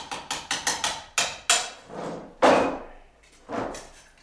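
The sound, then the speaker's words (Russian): A quick run of about seven sharp, ringing strikes of a hammer on a chisel, speeding up slightly, followed by a few heavier, rougher thuds and scraping cracks as wood gives way, from the 1987 film Ispytatelny Srok. “Зайцев, дай долото.”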